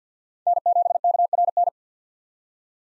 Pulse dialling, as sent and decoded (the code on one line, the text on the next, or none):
none